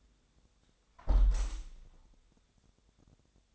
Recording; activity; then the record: daily activity, microphone in the room; close window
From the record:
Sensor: 3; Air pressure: 1000.4 hPa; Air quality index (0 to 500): 139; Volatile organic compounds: 2 ppm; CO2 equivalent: 1210 ppm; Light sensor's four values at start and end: 14/36/14/16 and 13/35/14/15